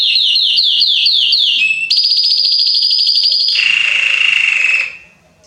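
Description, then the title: Belgian canary singing a repeated falling note phrase, followed by a sustained high buzzy roll and a lower, rougher trill that fades out. Male Belgian canary singing a lot, to warm up young and Belgian canaries within 30 minutes. "Esquente Seu Filhote E Canario Belga Em 30 Minutos Macho Cantando Muito. Esquente seu canrio belga em 30 minutos - Canrio Belga estourado"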